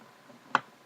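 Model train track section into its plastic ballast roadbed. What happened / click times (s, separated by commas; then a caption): The track section snapped into its roadbed / 0.6 s. A plastic track section from an Atlas Trainman Santa Fe model train set is pressed down onto its pre-formed plastic ballast roadbed. It gives a single sharp tick at 0.6 s as it snaps into place, and the track is seated.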